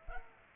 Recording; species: mosquito wingbeat signal from an infrared sensor; Culex pipiens